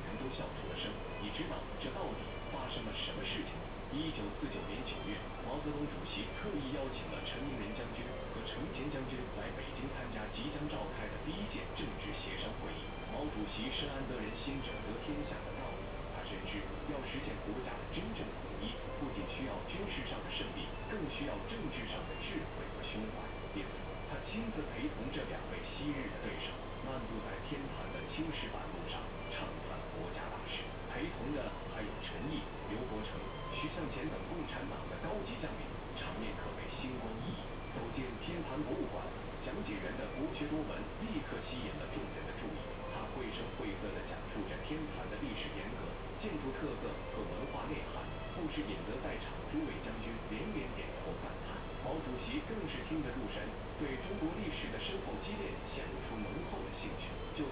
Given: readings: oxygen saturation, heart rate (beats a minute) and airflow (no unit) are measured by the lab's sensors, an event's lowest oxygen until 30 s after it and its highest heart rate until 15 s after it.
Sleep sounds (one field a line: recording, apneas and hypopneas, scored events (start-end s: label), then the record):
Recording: a person awake in a sleep study, by a voice recorder at the bedside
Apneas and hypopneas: none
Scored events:
0.00-57.52 s: awake
From the record:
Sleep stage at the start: awake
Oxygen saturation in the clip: 93 to 94%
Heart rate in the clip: 63 to 77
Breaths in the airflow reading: 16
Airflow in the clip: -10.3 to 9.9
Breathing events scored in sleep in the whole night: 476 in 9.7 hours asleep